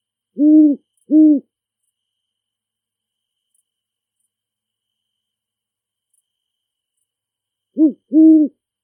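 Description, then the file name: Great horned owl hooting: a pair of deep, even hoots, a long silence, then another close pair of low hoots. Calling in a big forest. "Great horned owl call from big forest"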